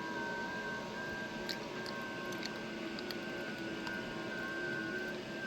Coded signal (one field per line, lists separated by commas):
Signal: FT8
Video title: How I do 12 days of qrz Ft8 style. every band endorsement (mostly)